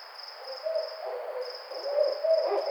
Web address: Barred Owl 2009 05 28 Barred Owl 01